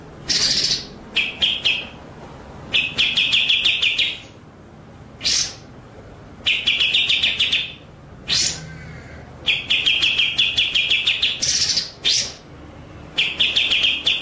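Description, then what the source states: White-rumped shama giving a string of phrases: rapid rolling note runs mixed with sharp high whistles, repeated in bursts with short silences between. Masteran (training) track of full 'ngerol' and 'nembak' song styles.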